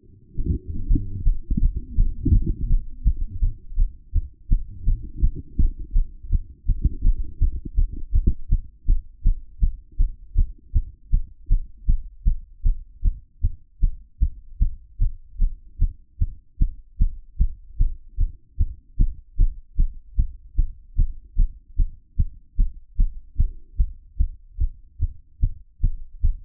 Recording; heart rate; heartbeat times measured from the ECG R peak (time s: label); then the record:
heart sounds by stethoscope; 158 bpm
0.16 s: heartbeat
0.52 s: heartbeat
0.87 s: heartbeat
1.23 s: heartbeat
1.58 s: heartbeat
1.95 s: heartbeat
2.31 s: heartbeat
2.67 s: heartbeat
3.03 s: heartbeat
3.39 s: heartbeat
3.75 s: heartbeat
4.11 s: heartbeat
4.47 s: heartbeat
4.84 s: heartbeat
5.20 s: heartbeat
5.56 s: heartbeat
5.92 s: heartbeat
6.28 s: heartbeat
6.65 s: heartbeat
7.01 s: heartbeat
7.38 s: heartbeat
7.74 s: heartbeat
8.11 s: heartbeat
8.48 s: heartbeat
8.85 s: heartbeat
9.22 s: heartbeat
9.59 s: heartbeat
9.96 s: heartbeat
10.34 s: heartbeat
10.72 s: heartbeat
11.09 s: heartbeat
11.48 s: heartbeat
11.85 s: heartbeat
12.23 s: heartbeat
12.62 s: heartbeat
13.01 s: heartbeat
13.40 s: heartbeat
13.79 s: heartbeat
14.18 s: heartbeat
14.58 s: heartbeat
14.97 s: heartbeat
15.37 s: heartbeat
15.78 s: heartbeat
16.18 s: heartbeat
16.58 s: heartbeat
16.97 s: heartbeat
17.37 s: heartbeat
17.77 s: heartbeat
18.16 s: heartbeat
18.56 s: heartbeat
18.96 s: heartbeat
19.36 s: heartbeat
19.76 s: heartbeat
20.15 s: heartbeat
20.55 s: heartbeat
20.95 s: heartbeat
21.35 s: heartbeat
21.75 s: heartbeat
22.16 s: heartbeat
22.56 s: heartbeat
22.96 s: heartbeat
23.36 s: heartbeat
23.76 s: heartbeat
24.16 s: heartbeat
24.57 s: heartbeat
24.98 s: heartbeat
25.39 s: heartbeat
25.80 s: heartbeat
26.20 s: heartbeat
From the record:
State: after exercise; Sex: male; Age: 42 years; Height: 186 cm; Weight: 80 kg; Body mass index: 23.12